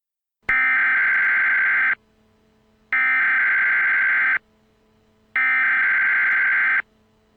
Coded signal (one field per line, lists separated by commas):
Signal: Emergency Alert System (SAME) tones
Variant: header bursts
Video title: EAS Senario- Shadow Demons